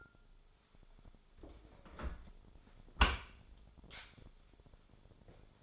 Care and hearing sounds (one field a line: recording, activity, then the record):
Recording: daily activity, microphone in the room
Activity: close dishwasher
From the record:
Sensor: 5